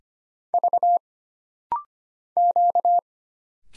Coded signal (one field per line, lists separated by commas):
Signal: Morse code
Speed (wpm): 25 wpm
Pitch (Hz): 700 Hz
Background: none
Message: V Q